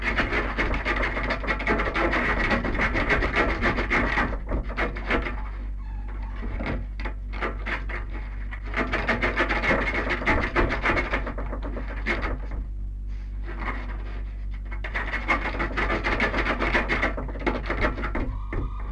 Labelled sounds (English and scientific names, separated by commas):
Red Fox (Vulpes vulpes)